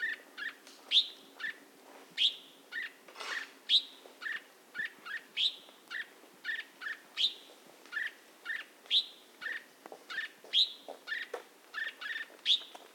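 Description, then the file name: Orange-bellied leafbird giving a steady series of sharp two-toned notes, repeated about every half second to second. Indonesian local name cucak cungkok. "suara burung cucak cungkok orange bellied leafbird"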